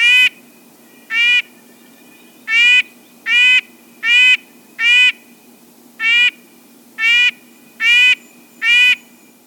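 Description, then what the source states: Red-breasted nuthatch uttering a long run of nasal honking notes, spaced unevenly but close to once per second. Monotonous honking song, sung all day long.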